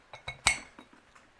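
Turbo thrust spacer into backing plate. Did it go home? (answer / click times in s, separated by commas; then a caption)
yes / 0.5 s. While rebuilding a 7.3 Powerstroke GTP38 turbocharger, the skinny-side thrust piece is pressed down onto the bearing backing plate. Light metallic clinks at 0.1 and 0.3 seconds lead to a loud, bright click at 0.5 seconds as it seats, followed by a few faint taps. The part is seated.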